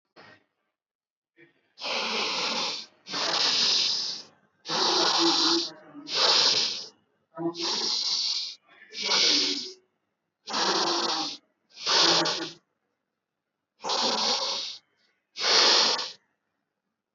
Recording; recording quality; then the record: shallow breathing; moderate, slight background noise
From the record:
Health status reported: healthy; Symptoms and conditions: none ticked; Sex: male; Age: 26 years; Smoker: yes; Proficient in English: yes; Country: India